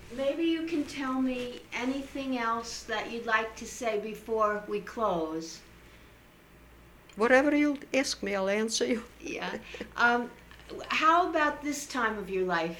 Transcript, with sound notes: Maybe you can tell me anything else that you'd like to say before we close.
Whatever you ask me I'll answer you. (she laughs)
Yeah. How about this time of your life.